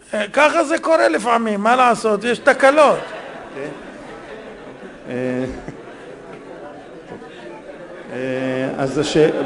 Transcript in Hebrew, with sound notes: ככה זה קורה לפעמים, מה לעשות? יש תקלות.
[הקהל צוחק...] כן. אז